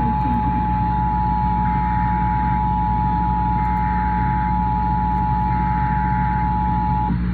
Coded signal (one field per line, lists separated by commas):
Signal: Emergency Alert System (SAME) tones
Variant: 853 and 960 Hz attention tone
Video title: (EAS) WAAO-FM Alabama Required Monthly Test (Credit To jaypegman)